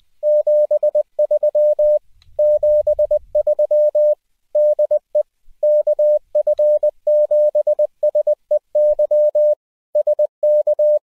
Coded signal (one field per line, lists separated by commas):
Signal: Morse code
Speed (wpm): 20 wpm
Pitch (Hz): 600 Hz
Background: none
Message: 73 73 DE KF7SEY SK